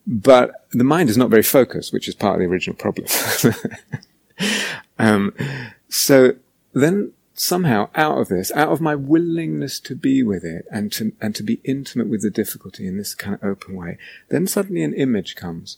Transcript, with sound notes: but the mind is not very focused," which is part of the original problem. [laughs] "Somehow, out of this, out of my willingness to be with it, and to be intimate with the difficulty in this kind of open way, then suddenly an image comes.